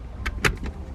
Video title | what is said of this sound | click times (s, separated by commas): Interior V3.0: Installing Carbon Fiber Steering wheel and new Trim on the 2019 WRX | there we go snaps right in oh | 0.5 s